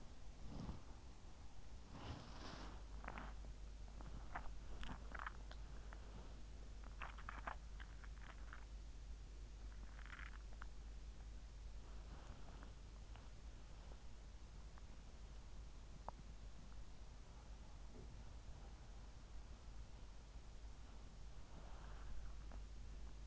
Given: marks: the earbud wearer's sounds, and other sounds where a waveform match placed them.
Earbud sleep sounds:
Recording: sounds in sleep by an in-ear microphone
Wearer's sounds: body movement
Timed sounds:
0.00-23.27 s: body movement

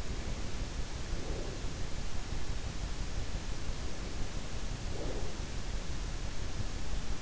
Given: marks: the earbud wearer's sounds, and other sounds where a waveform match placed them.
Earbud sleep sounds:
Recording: sounds in sleep by an in-ear microphone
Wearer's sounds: breath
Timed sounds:
0.82-1.93 s: breath
4.60-5.57 s: breath

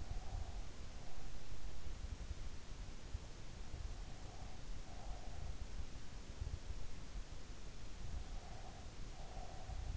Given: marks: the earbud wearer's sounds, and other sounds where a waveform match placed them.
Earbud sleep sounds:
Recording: sounds in sleep by an in-ear microphone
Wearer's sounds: breath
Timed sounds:
0.00-1.78 s: breath
4.19-5.36 s: breath
8.39-9.88 s: breath

